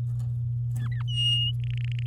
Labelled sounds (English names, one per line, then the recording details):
Domestic Canary song
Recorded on 10 May 2018 at 05:31
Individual llb16